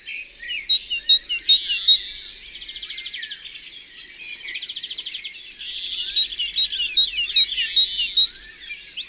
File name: Mesange charboniniere Concerts Naturels de la Drome Studio les Trois Becs